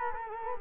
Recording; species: mosquito wingbeat signal from an infrared sensor; Culex quinquefasciatus